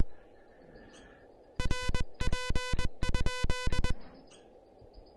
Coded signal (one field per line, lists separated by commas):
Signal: Morse code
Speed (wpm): 21 wpm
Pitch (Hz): 1000 Hz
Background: music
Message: RP?